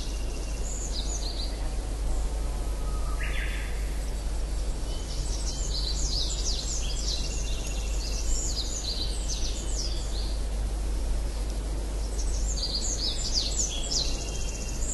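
Tree pipit singing a run of high, thin notes and quick trills, brief phrases coming in bursts over a steady low rumble.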